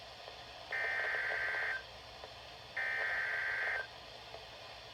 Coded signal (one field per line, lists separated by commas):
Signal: Emergency Alert System (SAME) tones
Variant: header bursts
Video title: Severe Thunderstorm Warning For Frederick & Clark County VA And Parts Of WV (EAS #16)